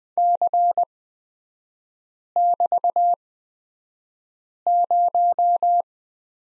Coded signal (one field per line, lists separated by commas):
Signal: Morse code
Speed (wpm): 20 wpm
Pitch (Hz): 700 Hz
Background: none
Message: C<BT>0